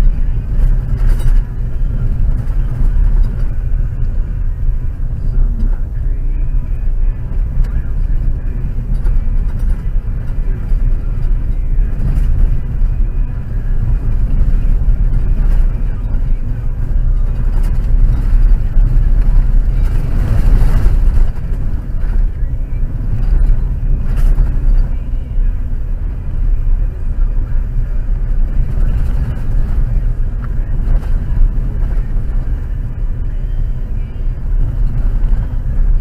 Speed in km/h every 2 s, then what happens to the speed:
29, 29, 26, 25, 26, 28, 28, 30, 29, 29, 28, 27, 27, 27, 28, 29, 30, 29.
0-36 steady at about 28.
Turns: none.